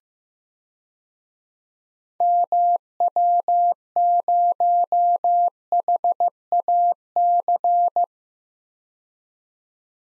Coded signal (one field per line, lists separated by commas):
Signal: Morse code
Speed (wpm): 15 wpm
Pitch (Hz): 700 Hz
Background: none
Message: MW0HAC